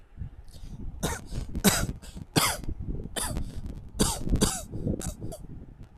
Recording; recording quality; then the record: heavy voluntary cough; moderate, slight background noise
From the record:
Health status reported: healthy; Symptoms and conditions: none ticked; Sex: male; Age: 25 years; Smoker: not ticked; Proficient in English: yes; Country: India